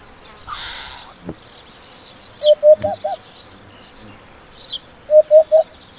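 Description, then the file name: Hoopoe uttering two evenly spaced series of hollow hoots, with brief chirps and a short rustle from other birds behind. "Upupa"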